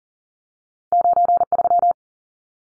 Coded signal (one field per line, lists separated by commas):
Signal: Morse code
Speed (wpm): 40 wpm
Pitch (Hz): 700 Hz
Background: none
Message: 93